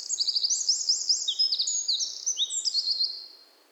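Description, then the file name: Eurasian wren singing a loud, very high, rapid string of trills and metallic chips, tumbling and unbroken, fading out near the end. "Troglodytes troglodytes"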